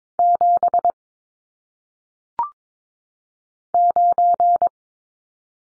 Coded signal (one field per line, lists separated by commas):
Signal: Morse code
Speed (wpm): 22 wpm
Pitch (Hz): 700 Hz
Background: none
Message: 7 9